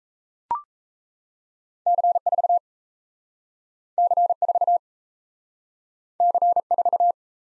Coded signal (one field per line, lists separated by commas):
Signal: Morse code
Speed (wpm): 37 wpm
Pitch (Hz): 700 Hz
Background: none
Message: C4 C4 C4